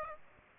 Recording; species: mosquito wingbeat signal from an infrared sensor; Aedes aegypti